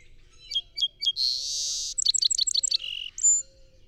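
Song sparrow song: three evenly spaced whistled notes, a long noisy buzz, a rapid stuttered trill, a low buzzy tail and a final short whistle.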